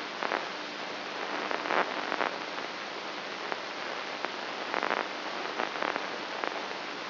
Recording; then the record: brain microelectrode recording played as sound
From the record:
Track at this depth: outside the subthalamic nucleus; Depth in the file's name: 2.138 mm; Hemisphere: left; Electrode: 3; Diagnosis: Parkinson's disease